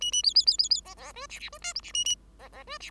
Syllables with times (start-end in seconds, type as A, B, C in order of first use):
0.01-0.12 A, 0.12-0.22 A, 0.23-0.34 B, 0.35-0.45 B, 0.46-0.57 B, 0.58-0.69 B, 0.70-0.81 B, 0.85-0.94 C, 0.96-1.12 C, 1.14-1.26 D, 1.29-1.39 E, 1.39-1.49 E, 1.52-1.58 D, 1.61-1.73 F, 1.75-1.81 G, 1.83-1.92 E, 1.94-2.04 A, 2.05-2.15 A, 2.39-2.49 C, 2.53-2.64 C, 2.67-2.78 D, 2.80-2.90 E